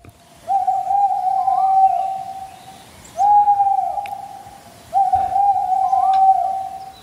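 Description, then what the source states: Tawny owl hooting: three long, steady hoots of even pitch, following closely one after another. Played in a sound-guessing quiz; an animal that can be found in local woods and meadows.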